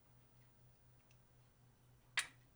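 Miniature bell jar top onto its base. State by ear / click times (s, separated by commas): seated / 2.2 s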